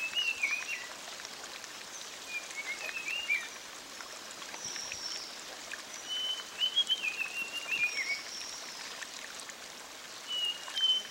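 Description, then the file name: Sulingan bird song of high whistles and short warbled phrases, spaced by pauses of a few seconds, with continuous flowing water beneath. "terapi air mengalir burung sulingan"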